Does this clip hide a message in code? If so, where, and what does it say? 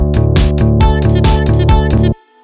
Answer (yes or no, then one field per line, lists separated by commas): no